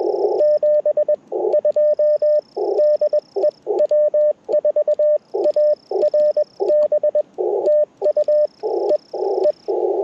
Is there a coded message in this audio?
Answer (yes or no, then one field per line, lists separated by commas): yes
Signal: Morse code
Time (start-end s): 0.4-9.5 s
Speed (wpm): 21 wpm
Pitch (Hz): 600 Hz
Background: none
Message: 72 DE W4ARB TU E E